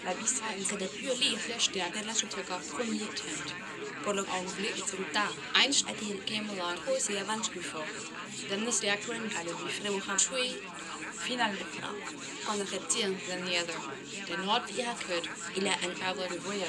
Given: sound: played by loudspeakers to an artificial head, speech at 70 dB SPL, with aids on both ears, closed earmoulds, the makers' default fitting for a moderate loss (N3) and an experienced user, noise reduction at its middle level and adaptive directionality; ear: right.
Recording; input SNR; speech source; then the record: speech test signal (ISTS) in cocktail-party noise; 0 dB; on the right (90 degrees)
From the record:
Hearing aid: class 2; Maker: E